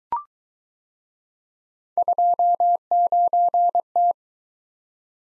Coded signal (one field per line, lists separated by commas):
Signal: Morse code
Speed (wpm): 20 wpm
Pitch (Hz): 700 Hz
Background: none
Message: 29T